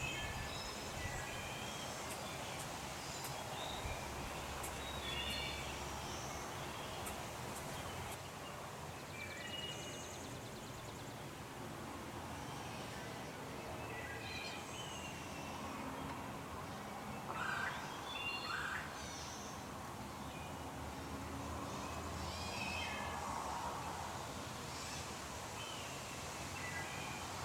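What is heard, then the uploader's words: Fledgling blue jays call in short, scattered chirps over a steady hiss of background noise and low rumble, with brief clicks early on. Fledgling Blue Jays.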